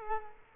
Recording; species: mosquito wingbeat signal from an infrared sensor; Culex quinquefasciatus